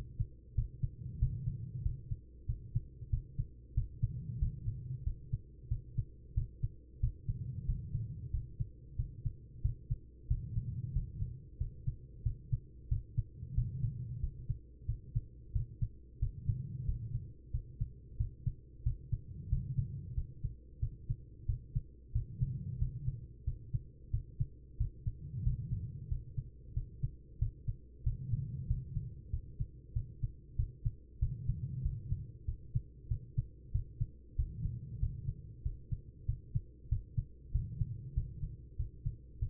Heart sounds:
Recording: heart sounds by stethoscope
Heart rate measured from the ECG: 93 bpm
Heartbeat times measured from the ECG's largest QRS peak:
0.54 s: heartbeat
1.18 s: heartbeat
1.82 s: heartbeat
2.46 s: heartbeat
3.09 s: heartbeat
3.74 s: heartbeat
4.38 s: heartbeat
5.03 s: heartbeat
5.68 s: heartbeat
6.34 s: heartbeat
7.00 s: heartbeat
7.65 s: heartbeat
8.30 s: heartbeat
8.96 s: heartbeat
9.61 s: heartbeat
10.27 s: heartbeat
10.92 s: heartbeat
11.57 s: heartbeat
12.22 s: heartbeat
12.88 s: heartbeat
13.54 s: heartbeat
14.20 s: heartbeat
14.85 s: heartbeat
15.52 s: heartbeat
16.19 s: heartbeat
16.85 s: heartbeat
17.51 s: heartbeat
18.16 s: heartbeat
18.83 s: heartbeat
19.48 s: heartbeat
20.14 s: heartbeat
20.79 s: heartbeat
21.45 s: heartbeat
22.12 s: heartbeat
22.78 s: heartbeat
23.44 s: heartbeat
24.10 s: heartbeat
24.77 s: heartbeat
25.43 s: heartbeat
26.08 s: heartbeat
26.73 s: heartbeat
27.38 s: heartbeat
28.03 s: heartbeat
28.66 s: heartbeat
29.30 s: heartbeat
29.92 s: heartbeat
30.55 s: heartbeat
31.18 s: heartbeat
31.81 s: heartbeat
32.45 s: heartbeat
33.07 s: heartbeat
33.71 s: heartbeat
34.35 s: heartbeat
34.99 s: heartbeat
35.62 s: heartbeat
36.25 s: heartbeat
36.88 s: heartbeat
37.51 s: heartbeat
38.13 s: heartbeat
38.76 s: heartbeat
39.39 s: heartbeat
From the record:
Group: healthy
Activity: rest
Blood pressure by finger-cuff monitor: 119/73 mmHg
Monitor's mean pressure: 89 mmHg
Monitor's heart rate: 93 bpm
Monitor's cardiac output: 6.4 L/min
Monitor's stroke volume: 69 mL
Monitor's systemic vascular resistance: 1020 dyn s/cm5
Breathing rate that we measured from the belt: 20 breaths a minute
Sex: female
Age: 43 years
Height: 160 cm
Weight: 90 kg

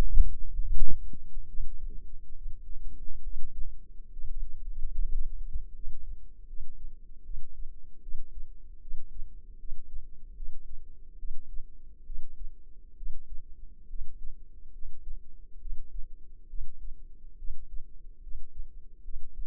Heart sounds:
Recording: heart sounds by microphone in the left ear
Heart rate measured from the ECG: 72 bpm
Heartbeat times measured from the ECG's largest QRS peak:
0.59 s: heartbeat
1.46 s: heartbeat
2.34 s: heartbeat
3.22 s: heartbeat
4.10 s: heartbeat
4.93 s: heartbeat
5.73 s: heartbeat
6.46 s: heartbeat
7.22 s: heartbeat
8.00 s: heartbeat
8.79 s: heartbeat
9.57 s: heartbeat
10.34 s: heartbeat
11.16 s: heartbeat
12.03 s: heartbeat
12.94 s: heartbeat
13.87 s: heartbeat
14.71 s: heartbeat
15.58 s: heartbeat
16.47 s: heartbeat
17.36 s: heartbeat
18.20 s: heartbeat
19.01 s: heartbeat
From the record:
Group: healthy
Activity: rest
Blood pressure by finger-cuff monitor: 96/65 mmHg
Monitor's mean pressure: 75 mmHg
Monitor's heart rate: 70 bpm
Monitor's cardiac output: 5.4 L/min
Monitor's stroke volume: 79 mL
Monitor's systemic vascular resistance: 1000 dyn s/cm5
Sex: female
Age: 22 years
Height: 160 cm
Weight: 45 kg

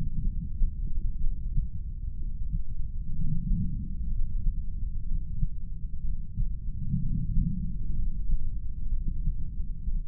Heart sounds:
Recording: heart sounds by stethoscope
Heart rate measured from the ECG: 62 bpm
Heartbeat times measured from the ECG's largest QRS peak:
0.26 s: heartbeat
1.22 s: heartbeat
2.18 s: heartbeat
3.14 s: heartbeat
4.10 s: heartbeat
5.07 s: heartbeat
6.03 s: heartbeat
7.00 s: heartbeat
7.97 s: heartbeat
8.91 s: heartbeat
9.87 s: heartbeat
From the record:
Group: heart failure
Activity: rest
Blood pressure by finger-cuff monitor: 122/79 mmHg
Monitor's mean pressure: 95 mmHg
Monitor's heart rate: 62 bpm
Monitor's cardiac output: 6.5 L/min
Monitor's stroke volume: 104 mL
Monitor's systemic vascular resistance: 1080 dyn s/cm5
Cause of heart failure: non-ischemic cardiomyopathy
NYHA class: 1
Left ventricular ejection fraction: 25%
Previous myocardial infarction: absent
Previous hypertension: absent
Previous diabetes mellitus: absent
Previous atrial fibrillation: present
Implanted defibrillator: absent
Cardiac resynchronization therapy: absent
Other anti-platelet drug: absent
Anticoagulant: apixaban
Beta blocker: bisoprolol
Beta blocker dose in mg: 7.5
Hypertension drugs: sacubitril-valsartan, spironolactone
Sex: male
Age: 48 years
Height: 183 cm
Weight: 96 kg

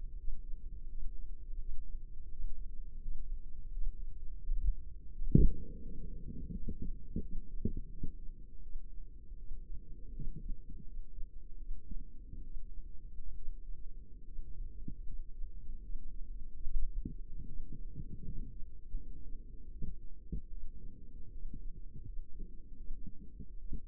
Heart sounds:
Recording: heart sounds by microphone in the left ear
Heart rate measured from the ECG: 79 bpm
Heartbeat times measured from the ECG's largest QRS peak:
0.18 s: heartbeat
0.88 s: heartbeat
1.59 s: heartbeat
2.30 s: heartbeat
3.01 s: heartbeat
3.72 s: heartbeat
4.42 s: heartbeat
5.12 s: heartbeat
5.82 s: heartbeat
6.52 s: heartbeat
7.21 s: heartbeat
7.90 s: heartbeat
8.61 s: heartbeat
9.37 s: heartbeat
10.12 s: heartbeat
10.84 s: heartbeat
11.57 s: heartbeat
12.43 s: heartbeat
13.35 s: heartbeat
14.24 s: heartbeat
15.04 s: heartbeat
15.81 s: heartbeat
16.62 s: heartbeat
17.45 s: heartbeat
18.23 s: heartbeat
18.95 s: heartbeat
19.70 s: heartbeat
20.49 s: heartbeat
21.31 s: heartbeat
22.04 s: heartbeat
22.76 s: heartbeat
23.58 s: heartbeat
From the record:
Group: healthy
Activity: Valsalva maneuver 0-5 s, rest 5-24 s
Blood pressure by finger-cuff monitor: 107/73 mmHg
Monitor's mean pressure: 82 mmHg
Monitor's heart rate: 83 bpm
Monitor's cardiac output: 6 L/min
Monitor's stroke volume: 73 mL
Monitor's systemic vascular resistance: 990 dyn s/cm5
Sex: female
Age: 22 years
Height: 163 cm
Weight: 67.1 kg

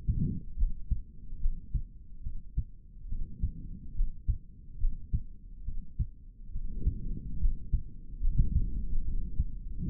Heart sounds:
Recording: heart sounds by stethoscope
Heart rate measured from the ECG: 71 bpm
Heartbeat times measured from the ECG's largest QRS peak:
0.56 s: heartbeat
1.39 s: heartbeat
2.22 s: heartbeat
3.08 s: heartbeat
3.94 s: heartbeat
4.78 s: heartbeat
5.64 s: heartbeat
6.51 s: heartbeat
7.39 s: heartbeat
8.20 s: heartbeat
9.04 s: heartbeat
9.86 s: heartbeat
From the record:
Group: healthy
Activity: rest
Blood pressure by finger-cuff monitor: 82/47 mmHg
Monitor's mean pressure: 60 mmHg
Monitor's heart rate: 71 bpm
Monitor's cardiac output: 3.9 L/min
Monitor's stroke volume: 56 mL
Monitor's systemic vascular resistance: 1080 dyn s/cm5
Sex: male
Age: 55 years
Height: 167 cm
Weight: 57.2 kg

